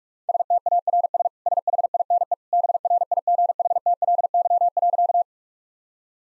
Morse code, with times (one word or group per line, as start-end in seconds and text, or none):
0.3-1.3 STARS
1.5-2.3 SHINE
2.5-5.2 BRIGHTLY.